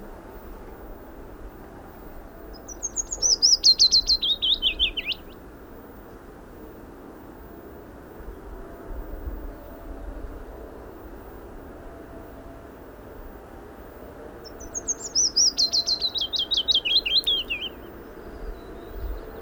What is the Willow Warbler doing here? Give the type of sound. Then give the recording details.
song. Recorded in the wild. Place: Kremmen, Brandenburg, DE. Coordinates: 52.769, 13.001. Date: 1971-04-30 10:45. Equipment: Nagra III BH, Sennheiser MD 21, parabola. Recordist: Schubert, Michael